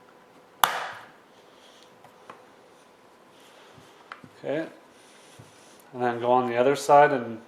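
A knife slid up into the seam of the plastic end cap on a Jawbone Big Jambox portable speaker is twisted until the corner clip lets go with a sharp snap at 0.6 s. A few faint ticks follow, and then someone talks. The end cap clip is released.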